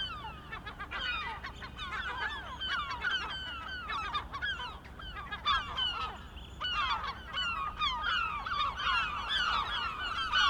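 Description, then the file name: Gulls calling in a dense chorus, many harsh, downslurred squealing notes overlapping continuously for the whole stretch, with a steady low background rumble. Several gulls, recorded 23 May 2004. "Mouettes 040523"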